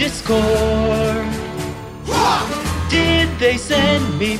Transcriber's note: war cry!